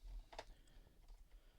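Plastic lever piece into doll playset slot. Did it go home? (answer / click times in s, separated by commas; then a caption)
no / none. With a doll playset's toy lift pushed all the way down, a plastic lever piece is handled and pushed toward a little slot. Two short, sharp ticks come at about 0.3 and 0.4 seconds, followed by faint rustling. Nothing has seated or clicked into place yet.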